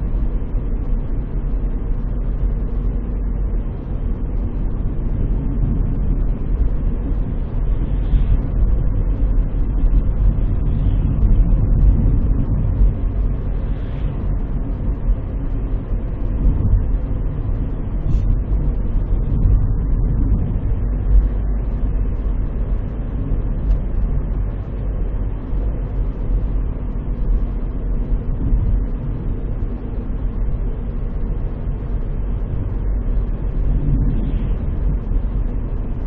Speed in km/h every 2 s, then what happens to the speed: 51, 51, 53, 55, 57, 57, 56, 55, 53, 53, 54, 54, 53, 52, 51, 52, 52, 52.
0-8 speeds up to 57. 8-36 steady at about 53.